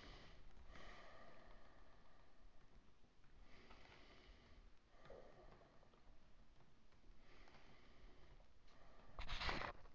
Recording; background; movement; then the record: deep breathing; quiet; sitting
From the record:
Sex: female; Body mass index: 21.8 kg/m2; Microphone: on the chest, facing outward